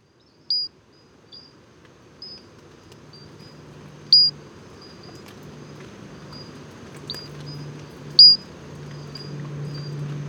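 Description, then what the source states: Pinchon's robber frog giving short, very high tinkling notes, each starting with a quick downward slide, spaced irregularly; a low hum runs underneath. 10 November 2018, Moscou, heights of Gourbeyre, Guadeloupe, edge of national park, 736 m; persistent rain; tiny tree frog that also sings by day; small crystal-like note, easily taken for an insect.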